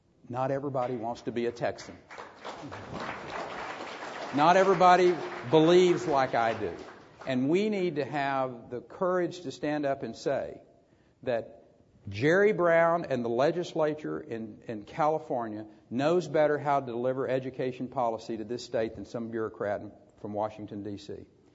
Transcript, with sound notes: Not everybody wants to be a Texan.
[Applause]
Not everybody believes like I do. And we need to have to courage and stand up say that Jerry Brown and the legislature in California knows better how to deliver education policy to this State than some bureaucrat from Washington D.C.